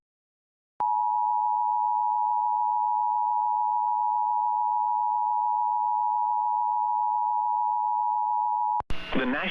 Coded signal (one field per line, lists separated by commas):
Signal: Emergency Alert System (SAME) tones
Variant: 853 and 960 Hz attention tone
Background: speech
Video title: Tornado Warning EAS on WLBZ and WABI